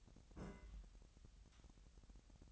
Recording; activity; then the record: daily activity, microphone in the room; place on stove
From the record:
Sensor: 3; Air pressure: 1001.9 hPa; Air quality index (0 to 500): 248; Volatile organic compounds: 50 ppm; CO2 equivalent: 3296 ppm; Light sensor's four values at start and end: 6/15/6/6 and 6/15/6/6